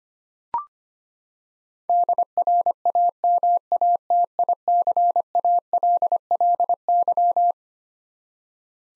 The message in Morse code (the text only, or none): DRAMATICALLY